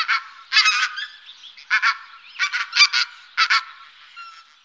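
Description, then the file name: Pink-footed goose calls, short sharp honking yelps in quick bursts of several, with brief pauses between groups. "Anser brachyrhynchus"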